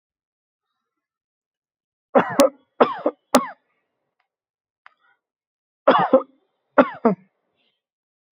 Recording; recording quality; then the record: shallow voluntary cough; excellent, no background noise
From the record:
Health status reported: healthy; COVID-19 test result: not tested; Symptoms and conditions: fatigue, muscle pain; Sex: male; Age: 37 years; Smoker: not ticked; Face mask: not worn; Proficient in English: yes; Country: India